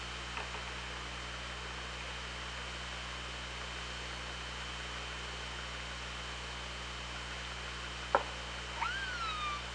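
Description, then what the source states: Orca call, one short harmonic tone near the end that rises and then slides down, after a sharp click, over steady underwater hiss and low hum. Underwater hydrophone at OrcaLab, 24 August 2017, 16:26:05.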